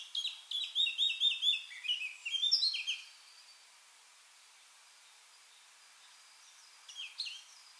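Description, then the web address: Eurasian blackcap song: a three-second burst of quick, scratchy warbling that ends on clearer fluty notes, then silence, then a few faint notes near the end. "SETE data Sylvia atricapilla"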